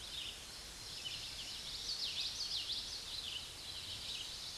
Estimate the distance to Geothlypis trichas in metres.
about 25 m